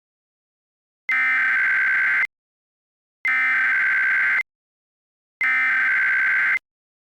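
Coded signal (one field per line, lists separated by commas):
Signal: Emergency Alert System (SAME) tones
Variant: header bursts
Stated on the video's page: Mock EAS alert, not a real activation.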